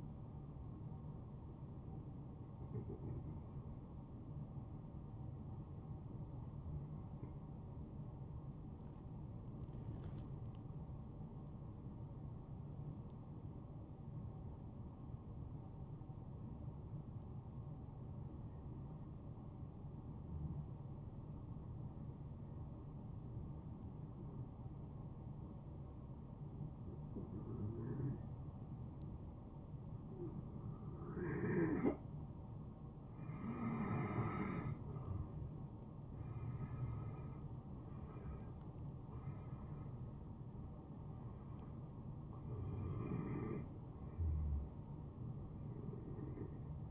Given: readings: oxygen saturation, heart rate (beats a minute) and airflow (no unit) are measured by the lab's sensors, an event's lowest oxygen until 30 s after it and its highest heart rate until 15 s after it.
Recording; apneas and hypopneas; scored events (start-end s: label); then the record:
breathing in sleep by a smartphone at the bedside; 1
0.00-11.00 s: awake
10.00-46.91 s: new sleep stage, N1 (lightest sleep)
11.00-36.30 s: hypopnea (N1, oxygen 96% highest, then 89% lowest, heart rate 64 at the start, 71 highest)
From the record:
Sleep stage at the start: awake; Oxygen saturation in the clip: 91 to 96%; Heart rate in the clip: 59 to 71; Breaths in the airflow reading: 10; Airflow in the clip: -13.4 to 7.9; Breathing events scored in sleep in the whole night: 263 in 5.5 hours asleep